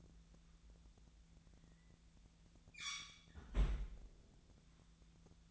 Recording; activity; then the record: daily activity, microphone in the room; close fridge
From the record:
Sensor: 3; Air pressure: 1009.6 hPa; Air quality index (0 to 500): 192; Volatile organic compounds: 15 ppm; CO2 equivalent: 2500 ppm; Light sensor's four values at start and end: 37/93/40/42 and 37/92/39/42